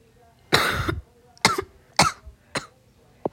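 A child coughing again before school: four harsh, forceful coughs in three seconds, the first the longest, then a brief faint throat sound.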